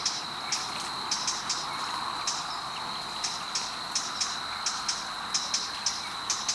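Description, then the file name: Eurasian blackcap giving hard clicking tack calls, repeated irregularly, over a steady high insect whine. "Sylvia atricapilla"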